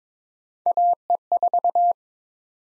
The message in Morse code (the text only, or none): AE4